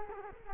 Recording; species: mosquito wingbeat signal from an infrared sensor; Culex quinquefasciatus